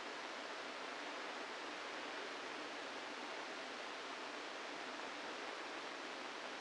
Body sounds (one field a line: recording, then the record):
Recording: brain microelectrode recording played as sound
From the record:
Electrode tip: inside the subthalamic nucleus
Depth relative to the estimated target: 0 mm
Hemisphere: left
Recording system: NeuroSet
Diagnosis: Parkinson's disease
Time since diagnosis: 8 years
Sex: male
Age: 65 years